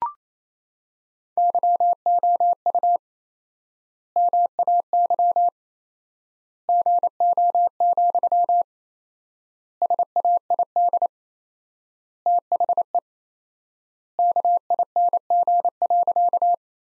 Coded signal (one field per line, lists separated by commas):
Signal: Morse code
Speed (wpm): 28 wpm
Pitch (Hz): 700 Hz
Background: none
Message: YOU MAY GO, SAID THE KING.